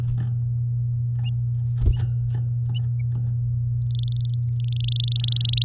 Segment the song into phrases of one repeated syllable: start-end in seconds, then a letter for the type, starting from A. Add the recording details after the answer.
3.82-5.63 A. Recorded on 9 May 2018 at 12:00. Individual llb16